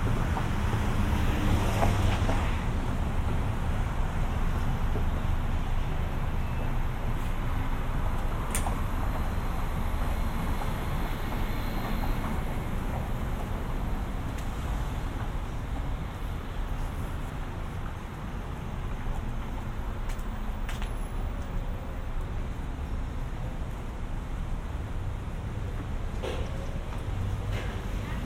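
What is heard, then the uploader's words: A suburban walk home with a steady low roar of passing traffic, occasional sharp clicks and brief higher tones throughout. Walking home from the mall. A binaural recording of a walk from Cross County Mall to our house in Mount Vernon. An hour long walk through lower Westchester County, in the suburbs of New York City.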